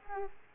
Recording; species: mosquito wingbeat signal from an infrared sensor; Culex quinquefasciatus